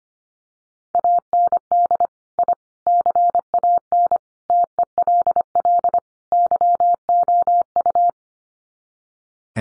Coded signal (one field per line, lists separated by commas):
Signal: Morse code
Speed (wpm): 25 wpm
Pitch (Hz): 700 Hz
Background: none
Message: AND I CAN TELL YOU